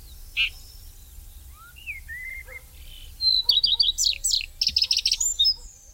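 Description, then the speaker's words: Red-backed Shrike giving a few scattered thin calls and chirps, then a quick burst of many high notes. Like a small raptor that lives in bushes. "pigrièche écorcheur, qui est comme un petit rapace qui vit dans les buissons."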